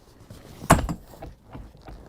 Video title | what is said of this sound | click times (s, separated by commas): Renegade Verona 40VBH | so as you can see this is super simple construction this will lock in place when i fold it down you kind of hear it click | 0.7 s